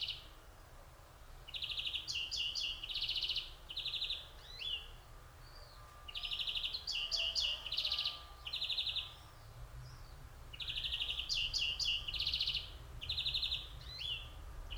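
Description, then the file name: European greenfinch twittering in repeated bursts of rapid chirping notes, with brief pauses and a few short slurred notes between the phrases. "Chloris chloris"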